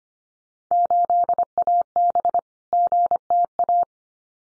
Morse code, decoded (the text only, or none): 8AB GTA